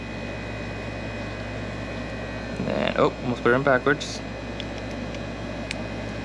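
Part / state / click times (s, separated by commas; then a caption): wire terminal into harness connector housing / seated / 5.7 s. Over a steady background hum, someone talks briefly while a wire terminal, nearly inserted backwards, is pushed into a plastic harness connector housing during installation of an EFlexFuel Pro kit on a 370Z. A sharp click at 5.7 s marks the terminal seating in the housing.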